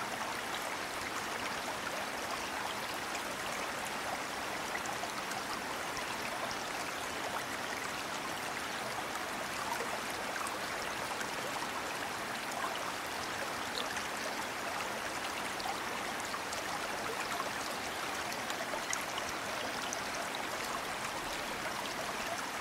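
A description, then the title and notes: Running water flows without pause for the whole stretch, a dense, even rush like a stream over stones. The sound stays bright and hissing with little low rumble, and its loudness never swells or drops. No other sounds break through. Running Water Sounds for Stress Relief.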